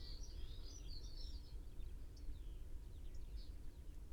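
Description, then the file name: Common chaffinch calls: a quick run of high chirps early, then scattered single notes, set against heavy low-pitched environmental rumble. "Fringilla coelebs"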